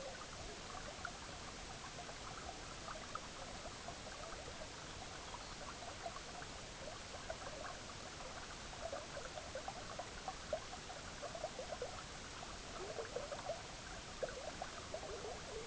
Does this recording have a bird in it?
yes